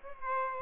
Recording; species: mosquito wingbeat signal from an infrared sensor; Aedes aegypti